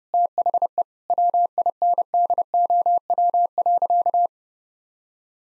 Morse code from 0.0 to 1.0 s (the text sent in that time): THE